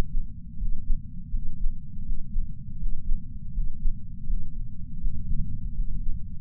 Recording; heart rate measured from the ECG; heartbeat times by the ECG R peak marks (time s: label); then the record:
heart sounds by patch sensor on the chest; 81 bpm
0.57 s: heartbeat
1.31 s: heartbeat
2.04 s: heartbeat
2.78 s: heartbeat
3.52 s: heartbeat
4.26 s: heartbeat
4.99 s: heartbeat
5.73 s: heartbeat
From the record:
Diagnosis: coronary artery disease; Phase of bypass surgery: postoperative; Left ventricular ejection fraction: 59.1%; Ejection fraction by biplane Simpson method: 55%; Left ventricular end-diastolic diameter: 46 mm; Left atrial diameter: 34 mm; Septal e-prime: 8 cm/s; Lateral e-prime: 6.5 cm/s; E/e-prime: 8.7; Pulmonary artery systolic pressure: 22 mmHg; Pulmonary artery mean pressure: 11 mmHg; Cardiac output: 4.38 L/min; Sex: male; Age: 58 years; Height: 160 cm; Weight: 70 kg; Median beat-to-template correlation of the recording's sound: 0.85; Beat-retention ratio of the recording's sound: 0.99